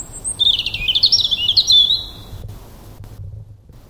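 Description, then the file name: European robin delivering a rapid, high-pitched warbling phrase of jumbled thin notes lasting about two seconds, then fading to quiet hum. "Erithacus rubecula"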